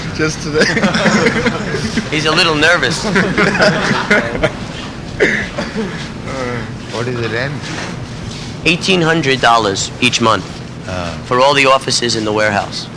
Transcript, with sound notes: Just today.
He's a little nervous. [laughter]
What is the rent?
Eighteen hundred dollars each month for all the offices and the warehouse.